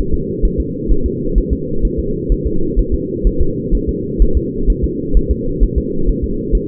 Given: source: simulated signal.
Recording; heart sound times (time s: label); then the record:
fetal heart sounds
0.14 s: S2
0.45 s: S1
0.60 s: S2
0.92 s: S1
1.06 s: S2
1.38 s: S1
1.53 s: S2
1.85 s: S1
2.00 s: S2
2.32 s: S1
2.47 s: S2
2.79 s: S1
2.94 s: S2
3.27 s: S1
3.42 s: S2
3.75 s: S1
3.89 s: S2
4.22 s: S1
4.37 s: S2
4.70 s: S1
4.84 s: S2
5.17 s: S1
5.31 s: S2
5.63 s: S1
5.78 s: S2
6.09 s: S1
6.24 s: S2
6.55 s: S1
From the record:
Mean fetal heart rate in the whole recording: 130 bpm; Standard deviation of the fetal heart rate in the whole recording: 2 bpm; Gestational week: 36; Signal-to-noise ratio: -8.1 dB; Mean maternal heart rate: 72 bpm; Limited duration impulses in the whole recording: absent